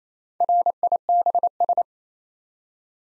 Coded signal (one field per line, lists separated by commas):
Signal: Morse code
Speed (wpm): 27 wpm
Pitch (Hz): 700 Hz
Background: none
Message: RIBS